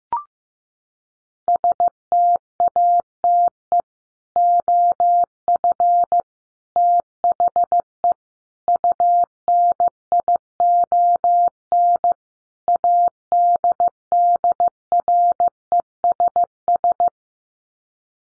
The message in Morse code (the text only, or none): STATE OF THE UNION ADDRESS